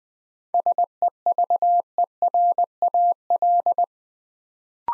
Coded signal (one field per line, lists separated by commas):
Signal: Morse code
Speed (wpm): 20 wpm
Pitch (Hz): 700 Hz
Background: none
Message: SEVERAL